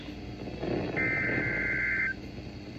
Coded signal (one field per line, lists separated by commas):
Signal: Emergency Alert System (SAME) tones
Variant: header bursts